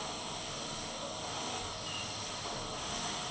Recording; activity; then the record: daily activity, microphone in the room; vacuum cleaning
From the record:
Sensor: 4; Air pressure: 1000.1 hPa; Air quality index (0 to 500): 232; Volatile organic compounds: 32 ppm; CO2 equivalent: 2992 ppm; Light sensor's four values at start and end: 9/21/8/8 and 9/21/8/8